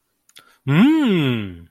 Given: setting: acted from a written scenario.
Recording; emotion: vocal sound without words; amusement